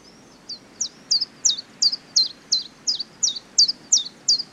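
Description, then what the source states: Common chiffchaff singing a long, even series of bright, high notes, roughly three per second, over soft background noise. Singing, on a slightly windy day.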